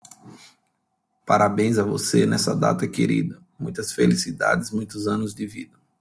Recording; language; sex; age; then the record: short text; Brazilian Portuguese; male; 30 to 39 years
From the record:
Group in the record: control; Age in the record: 33 years